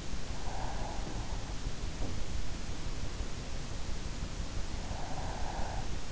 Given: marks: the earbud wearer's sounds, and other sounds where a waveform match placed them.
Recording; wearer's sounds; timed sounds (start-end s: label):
sounds in sleep by an in-ear microphone; breath
0.35-1.44 s: breath
4.70-6.12 s: breath